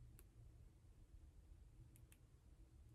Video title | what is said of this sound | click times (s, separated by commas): Lucky Malvern Rolex Datejust 31 | we go i heard two clicks and now i'm going to set the time | 2.0 s, 2.1 s